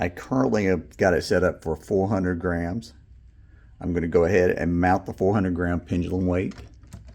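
Someone talks while getting ready to mount a 400 gram pendulum weight onto the pendulum of a tear tester; the weight has grooves that must be aligned so it clicks into place and no longer rotates. Near the end, a few faint, soft handling taps are heard around 6.8, 6.9 and 7.1 seconds. Nothing has seated or clicked yet when the clip ends.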